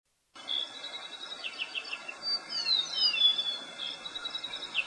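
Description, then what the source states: Bird chirps, a few bursts of high twittering and sweeping notes, with a steady high whine running underneath. Morning bird call.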